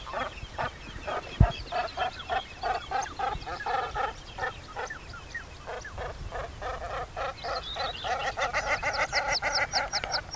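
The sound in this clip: Bird calling: a dense stream of rapid honking notes, several per second, with higher, sharper yelps toward the end and one sharp knock early on.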